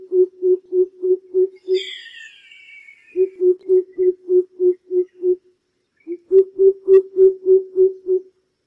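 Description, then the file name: Greater coucal calling in three runs of booming low hoots, evenly spaced, with a high, descending chatter early on. "Tieng chim bim bip"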